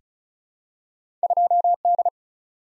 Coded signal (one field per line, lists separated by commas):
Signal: Morse code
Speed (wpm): 36 wpm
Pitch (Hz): 700 Hz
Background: none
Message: 2D